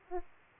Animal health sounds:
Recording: mosquito wingbeat signal from an infrared sensor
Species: Aedes aegypti

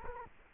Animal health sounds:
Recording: mosquito wingbeat signal from an infrared sensor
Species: Culex quinquefasciatus

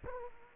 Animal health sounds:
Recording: mosquito wingbeat signal from an infrared sensor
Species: Culex quinquefasciatus

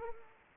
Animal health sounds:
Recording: mosquito wingbeat signal from an infrared sensor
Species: Culex pipiens

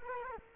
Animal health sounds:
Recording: mosquito wingbeat signal from an infrared sensor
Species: Culex quinquefasciatus

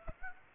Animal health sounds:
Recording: mosquito wingbeat signal from an infrared sensor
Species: Aedes aegypti

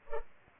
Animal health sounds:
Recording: mosquito wingbeat signal from an infrared sensor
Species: Culex pipiens

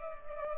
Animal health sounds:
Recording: mosquito wingbeat signal from an infrared sensor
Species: Culex pipiens

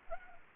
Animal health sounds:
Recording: mosquito wingbeat signal from an infrared sensor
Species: Anopheles arabiensis

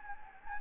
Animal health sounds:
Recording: mosquito wingbeat signal from an infrared sensor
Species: Anopheles gambiae

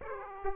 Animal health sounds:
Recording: mosquito wingbeat signal from an infrared sensor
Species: Aedes aegypti

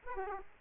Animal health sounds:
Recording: mosquito wingbeat signal from an infrared sensor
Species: Aedes aegypti

